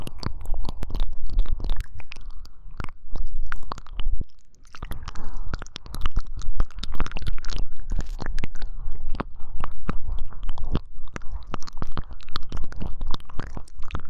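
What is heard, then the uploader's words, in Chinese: Wet ear-licking sounds with dense, irregular clicks and smacks, continuous throughout, briefly pausing near four seconds before resuming. 3DIO輕緩舔耳 | 耳舐め | Ear Licking | NO Talking。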